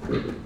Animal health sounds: pig call; growing-finishing pig (85 days or more)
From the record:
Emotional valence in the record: positive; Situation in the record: run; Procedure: transit

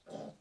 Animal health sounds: pig call; piglet (1 to 25 days)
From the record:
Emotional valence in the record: negative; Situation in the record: restrain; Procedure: back test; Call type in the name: low-frequency call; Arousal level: medium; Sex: male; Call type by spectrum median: low-frequency call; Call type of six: low-frequency stable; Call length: 0.41 s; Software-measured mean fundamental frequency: 55 Hz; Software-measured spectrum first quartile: 290 Hz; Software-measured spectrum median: 529 Hz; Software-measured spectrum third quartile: 780 Hz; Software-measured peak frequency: 587 Hz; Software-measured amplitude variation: 178 dB a second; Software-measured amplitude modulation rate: 14.4 a second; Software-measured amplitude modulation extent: 12.3 dB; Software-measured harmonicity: 1.5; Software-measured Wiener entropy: 0.13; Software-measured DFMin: 890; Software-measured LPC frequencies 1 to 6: 602, 3228, 3893, 4988, 5959, 7360 Hz

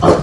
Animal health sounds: pig call; growing-finishing pig (85 days or more)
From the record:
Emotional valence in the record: positive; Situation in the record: run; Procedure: transit

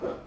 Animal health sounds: pig call; growing-finishing pig (85 days or more)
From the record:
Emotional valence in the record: positive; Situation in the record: run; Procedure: transit

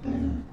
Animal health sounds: pig call; growing-finishing pig (85 days or more)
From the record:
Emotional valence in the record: negative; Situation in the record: barren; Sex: female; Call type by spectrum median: low-frequency call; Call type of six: low-frequency stable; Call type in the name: low-frequency stable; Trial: 1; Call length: 0.53 s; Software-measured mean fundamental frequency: 51 Hz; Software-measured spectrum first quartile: 100 Hz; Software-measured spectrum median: 217 Hz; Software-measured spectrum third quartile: 294 Hz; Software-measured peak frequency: 258 Hz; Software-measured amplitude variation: 188 dB a second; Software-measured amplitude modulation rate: 27.5 a second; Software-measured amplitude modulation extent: 6.8 dB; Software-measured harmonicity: 1.7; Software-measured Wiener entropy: -0.20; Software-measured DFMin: 822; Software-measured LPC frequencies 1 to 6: 278, 1762, 2637, 3705, 5092, 6049 Hz

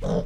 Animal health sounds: pig call; piglet (1 to 25 days)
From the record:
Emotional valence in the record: negative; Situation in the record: long isolation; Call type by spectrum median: low-frequency call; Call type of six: low-frequency stable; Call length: 0.25 s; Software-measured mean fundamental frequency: 57 Hz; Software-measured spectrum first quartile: 132 Hz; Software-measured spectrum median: 308 Hz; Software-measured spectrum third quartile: 564 Hz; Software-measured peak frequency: 172 Hz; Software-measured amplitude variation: 119 dB a second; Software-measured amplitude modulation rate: 27.5 a second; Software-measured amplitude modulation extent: 4.3 dB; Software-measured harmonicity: 2.3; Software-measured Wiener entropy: -0.89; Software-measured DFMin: 1154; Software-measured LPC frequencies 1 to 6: 546, 3242, 3678, 5287, 5966, 7248 Hz

